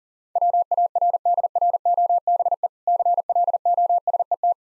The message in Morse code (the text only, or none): WARDROBE CLOSET